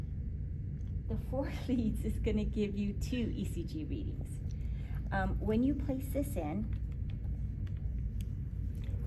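Someone talks while an ECG lead wire plug is pushed into a telemetry transmitter box; it looks like it is in but is not fully seated. Faint, brief ticks are heard from about 6.9 s to 8.8 s, but the connector has not clicked into place yet.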